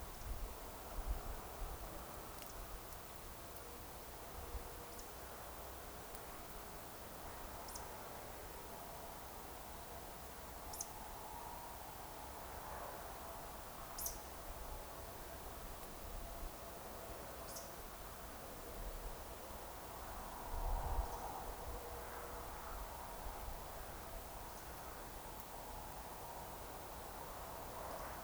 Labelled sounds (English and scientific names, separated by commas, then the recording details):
Eurasian Woodcock (Scolopax rusticola) whistle
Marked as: whistle, whistle, whistle, whistle, whistle, whistle, whistle, whistle, whistle, whistle
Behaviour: display flight
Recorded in Baden-Württemberg, Germany, on 29 June 2020 at 02:28 UTC
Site 43791, 788 m above sea level